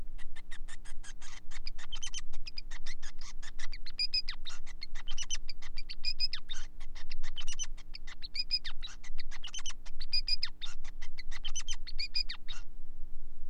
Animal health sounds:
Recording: song of a male Bengalese finch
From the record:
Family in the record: son of father 5

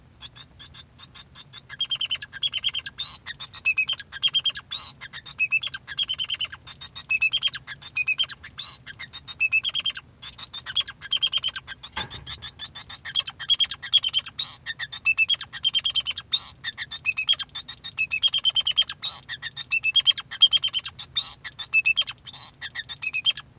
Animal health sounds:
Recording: song of a male Bengalese finch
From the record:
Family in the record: son of father 2

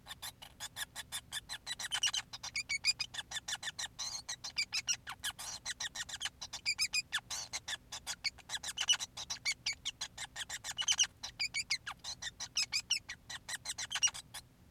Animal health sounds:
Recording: song of a male Bengalese finch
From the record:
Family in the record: son of father 5

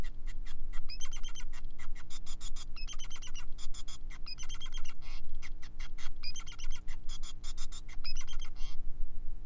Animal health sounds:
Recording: song of a male Bengalese finch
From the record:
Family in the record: son of father 5

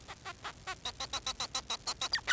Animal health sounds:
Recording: song of a male Bengalese finch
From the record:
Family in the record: son of father 4

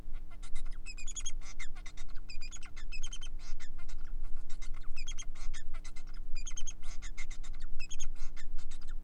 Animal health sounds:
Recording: song of a male Bengalese finch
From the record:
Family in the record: son of father 4

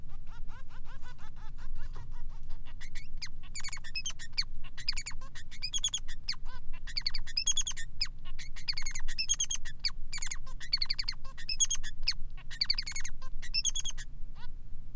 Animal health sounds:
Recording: song of a male Bengalese finch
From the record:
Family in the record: son of father 3

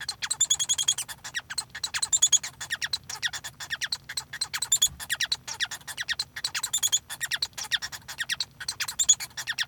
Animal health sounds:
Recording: song of a male Bengalese finch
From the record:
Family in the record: son of father 1

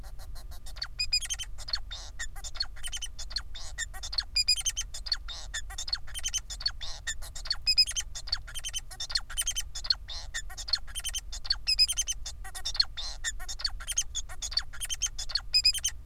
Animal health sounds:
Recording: song of a male Bengalese finch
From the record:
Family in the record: son of father 4

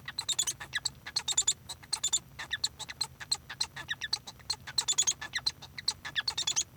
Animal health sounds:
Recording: song of a male Bengalese finch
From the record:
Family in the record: son of father 1

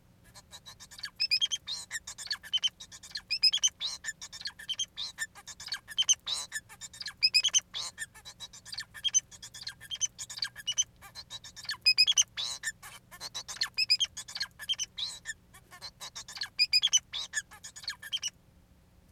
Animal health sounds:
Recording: song of a male Bengalese finch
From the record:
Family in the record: son of father 4

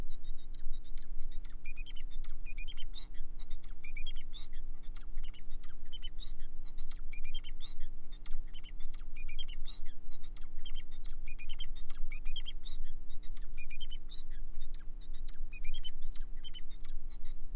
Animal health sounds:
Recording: song of a male Bengalese finch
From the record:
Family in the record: son of father 4

